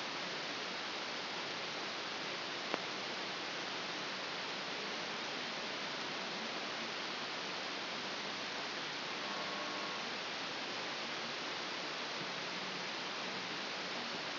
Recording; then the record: brain microelectrode recording played as sound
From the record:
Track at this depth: inside the subthalamic nucleus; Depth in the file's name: 2.931 mm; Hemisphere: left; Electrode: 2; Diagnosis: Parkinson's disease